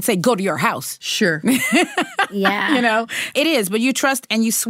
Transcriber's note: laughter